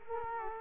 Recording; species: mosquito wingbeat signal from an infrared sensor; Culex quinquefasciatus